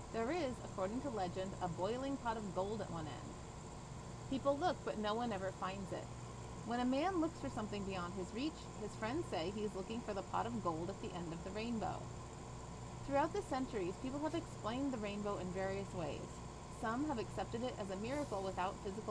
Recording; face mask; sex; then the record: reading aloud; surgical mask; female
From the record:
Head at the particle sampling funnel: turned sideways, cheek in front of it